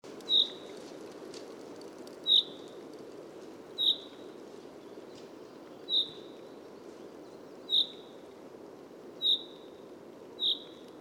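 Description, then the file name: Common chaffinch repeating a clipped, bright call note every one to two seconds, seven notes in total, with faint background hiss. "Fringilla coelebs"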